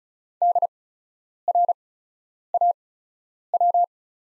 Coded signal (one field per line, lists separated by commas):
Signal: Morse code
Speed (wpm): 34 wpm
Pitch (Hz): 700 Hz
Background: none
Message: DRAW